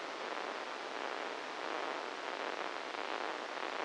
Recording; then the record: brain microelectrode recording played as sound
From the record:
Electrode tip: inside the subthalamic nucleus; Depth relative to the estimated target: 0 mm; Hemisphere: right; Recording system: NeuroSet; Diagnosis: Parkinson's disease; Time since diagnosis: 10 years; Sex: male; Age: 56 years